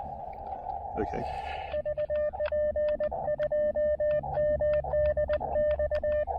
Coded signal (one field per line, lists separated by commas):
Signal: Morse code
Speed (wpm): 21 wpm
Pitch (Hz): 600 Hz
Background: speech, radio noise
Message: VP2MDX